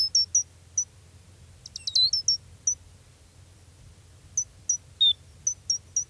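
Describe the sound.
Gray's lark calls: high chips in small groups, a short twittered burst and one downslurred note, with a faint low hum underneath.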